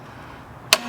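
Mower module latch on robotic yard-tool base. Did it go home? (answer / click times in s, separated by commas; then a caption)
yes / 0.7 s. A mower attachment is lifted onto a Yarbo robotic yard-tool base and its latch is pushed down. After a low, steady background hum, one sharp click sounds at 0.7 s. The mower module is seated and locked in place.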